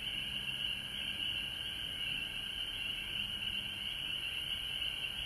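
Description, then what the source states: Frogs calling together in a steady, shimmering high chorus that never pauses, with faint low noise underneath. Frogs recorded at home in Georgia on March 19, 2020.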